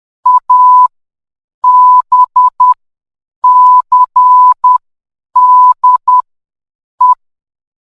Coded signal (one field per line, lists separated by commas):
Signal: Morse code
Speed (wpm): 10 wpm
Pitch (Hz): 1000 Hz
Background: none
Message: A B C D E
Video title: morse code